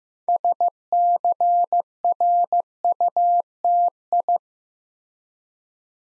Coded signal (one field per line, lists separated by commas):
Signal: Morse code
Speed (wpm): 15 wpm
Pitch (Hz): 700 Hz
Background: none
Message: SCRUTI